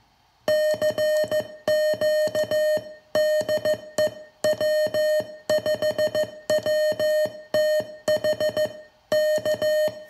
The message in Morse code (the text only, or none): CQ DE W5WTH K